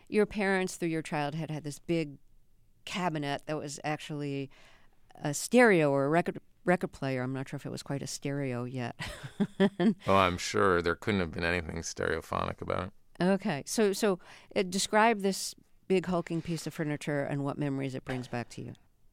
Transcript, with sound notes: Your parents, through your childhood, had this big cabinet that was actually a stereo or a record player - I'm not sure if it was quite a stereo yet (laughter).
Oh, I'm sure there couldn't have been anything stereophonic about it.
OK. So describe this big, hulking piece of furniture and what memories it brings back to you.